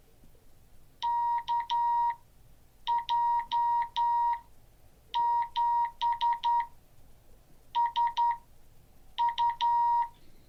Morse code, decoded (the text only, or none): KJ7SU